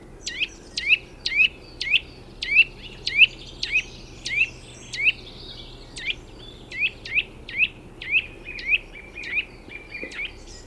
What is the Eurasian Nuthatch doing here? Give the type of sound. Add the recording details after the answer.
call. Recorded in the wild. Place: Bicaz, Moldova, RO. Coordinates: 46.91, 26.085. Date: 1973-04-19. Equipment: Nagra III BH, Sennheiser MD 21, parabola. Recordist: Schubert, Michael. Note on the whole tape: Kleiber "tjüt" - Rufe